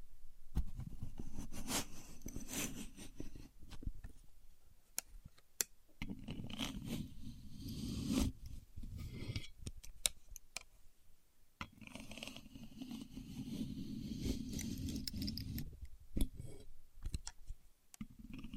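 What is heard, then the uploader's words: A contour gauge being used, with sharp clicks and taps scattered throughout as the pins are pressed and handled. Scraping and rustling come in long stretches, separated by brief quieter gaps near six and twelve seconds, over a steady low hum. Using A Contour Gauge (No Talking).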